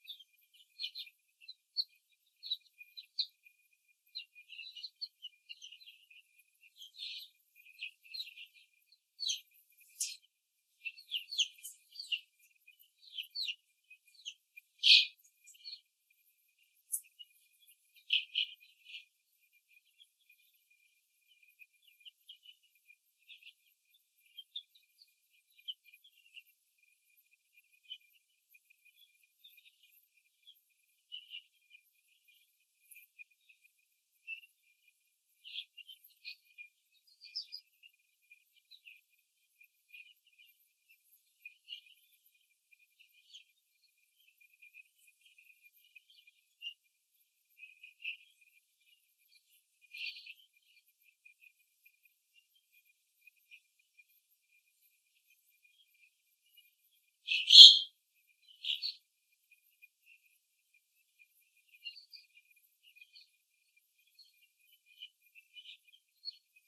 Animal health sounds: young laying hens in a cage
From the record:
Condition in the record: after the stressor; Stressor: simulated dog barking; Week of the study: 3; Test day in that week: 1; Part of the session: 2

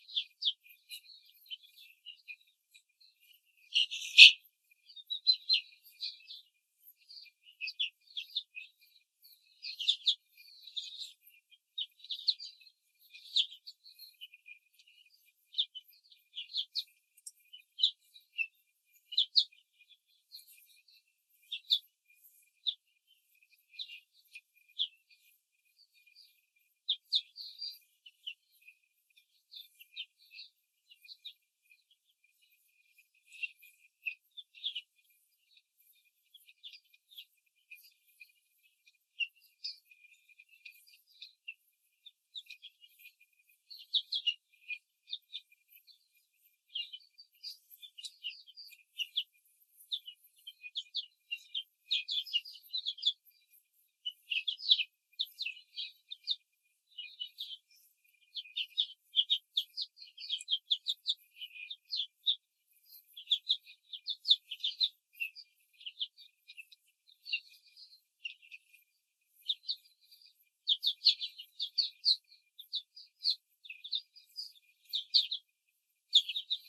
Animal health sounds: young laying hens in a cage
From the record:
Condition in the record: control cage, before the stress test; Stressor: none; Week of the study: 4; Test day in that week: 1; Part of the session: 3

